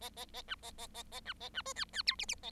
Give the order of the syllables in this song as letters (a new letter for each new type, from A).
A A A B A A A A B A B C D D E F F A